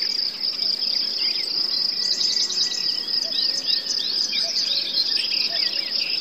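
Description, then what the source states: Forest birds, cuckoo and crickets: a continuous high cricket trill runs under scattered bird chirps and twitters, with faint low notes heard a few times. Forest ambience with birds, cuckoos and crickets.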